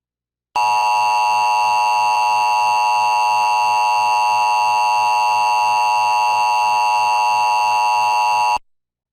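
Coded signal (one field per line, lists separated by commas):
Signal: Emergency Alert System (SAME) tones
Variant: 853 and 960 Hz attention tone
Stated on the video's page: Severe thunderstorm warning on TV, audio monitored from an EAS relay network stream.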